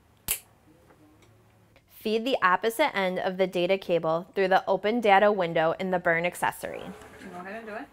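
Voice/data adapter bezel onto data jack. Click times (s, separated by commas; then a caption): 0.3 s. A plastic voice/data adapter bezel is pressed down onto a data jack's clip and latches with a sharp click at 0.3 s. The bezel is seated. Someone then talks.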